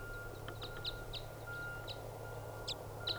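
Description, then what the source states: Red Crossbill calls, short sharp chips repeated irregularly over a steady low hum and a faint continuous tone. Wild juvenile type 5 bird that had just evaded capture and was coming back.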